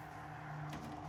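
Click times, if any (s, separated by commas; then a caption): none. A truck body door is swung open after its lock nut is removed, moving toward the point where the lock on its metal gas shock strut will engage. A steady low hum runs throughout, with a brief burst of broadband noise around 0.7 s. Nothing has seated or clicked yet; the lock has not engaged by the end of the clip.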